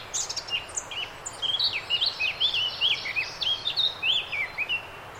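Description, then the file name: Eurasian blackcap delivering an unbroken, quick warbled song of looping whistled notes, bright and varied throughout, over faint background hiss. "Sylvia atricapilla"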